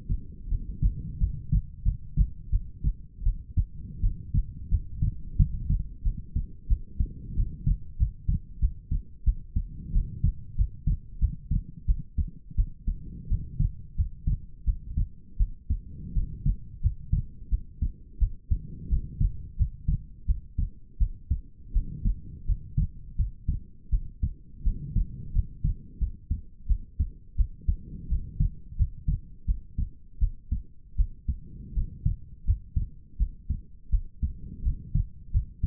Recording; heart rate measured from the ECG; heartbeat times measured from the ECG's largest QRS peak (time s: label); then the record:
heart sounds by stethoscope; 86 bpm
0.48 s: heartbeat
1.18 s: heartbeat
1.83 s: heartbeat
2.50 s: heartbeat
3.23 s: heartbeat
4.00 s: heartbeat
4.69 s: heartbeat
5.36 s: heartbeat
6.02 s: heartbeat
6.67 s: heartbeat
7.35 s: heartbeat
7.97 s: heartbeat
8.59 s: heartbeat
9.24 s: heartbeat
9.92 s: heartbeat
10.55 s: heartbeat
11.19 s: heartbeat
11.85 s: heartbeat
12.55 s: heartbeat
13.27 s: heartbeat
13.95 s: heartbeat
14.64 s: heartbeat
15.37 s: heartbeat
16.13 s: heartbeat
16.80 s: heartbeat
17.49 s: heartbeat
18.18 s: heartbeat
18.88 s: heartbeat
19.56 s: heartbeat
20.25 s: heartbeat
20.98 s: heartbeat
21.72 s: heartbeat
22.45 s: heartbeat
23.16 s: heartbeat
23.89 s: heartbeat
24.63 s: heartbeat
25.32 s: heartbeat
25.98 s: heartbeat
26.67 s: heartbeat
27.36 s: heartbeat
28.08 s: heartbeat
28.76 s: heartbeat
29.45 s: heartbeat
30.18 s: heartbeat
30.95 s: heartbeat
31.73 s: heartbeat
32.44 s: heartbeat
33.17 s: heartbeat
33.89 s: heartbeat
34.62 s: heartbeat
35.31 s: heartbeat
From the record:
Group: healthy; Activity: rest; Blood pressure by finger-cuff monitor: 81/56 mmHg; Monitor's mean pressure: 67 mmHg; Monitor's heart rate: 85 bpm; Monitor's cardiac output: 6.4 L/min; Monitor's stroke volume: 77 mL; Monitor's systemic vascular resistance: 690 dyn s/cm5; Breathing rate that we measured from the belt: 20 breaths a minute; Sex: female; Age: 19 years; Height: 163 cm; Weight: 48.9 kg